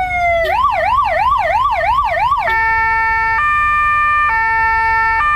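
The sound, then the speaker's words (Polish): The siren of a motorcycle ambulance, a single-track motorcycle adapted for giving first aid, sounds a fast, rising-and-falling warble for about two seconds, then switches to a steady two-tone hi-lo pattern, loud and clear over a low engine rumble, with no talking. “To jest motoambulans tak zwany, czyli motocykl, który został przystosowany do udzielania pierwszej pomocy.”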